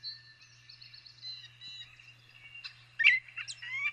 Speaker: That's songs, calls, combination thereof, the Baltimore Orioles.